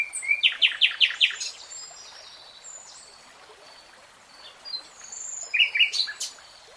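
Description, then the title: Nightingale song: a few loud, sharp, repeated strokes, a long quiet gap with faint thin notes, then another short burst of rapid notes. Singing, from a three-hour real-time recording. "[Tiếng chim hót] 3 Hours REALTIME Nightingale Singing"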